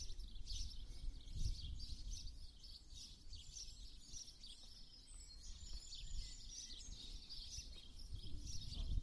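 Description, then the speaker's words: House Sparrows chattering: many birds give continuous, overlapping cheeps and chirps over a low background rumble throughout. Flock of sociable house sparrows living together and chattering to each other in a large expanse of Virginia creeper on a pub wall in Malham village, Yorkshire Dales. "And that's the sound of lots and lots of house sparrows."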